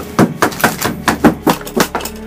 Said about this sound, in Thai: เขาทุบทุกสิ่งทุกอย่างเพื่อให้เกิดเสียง